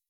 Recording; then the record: hydrophone in a shrimp aquaculture tank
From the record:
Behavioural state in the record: weakened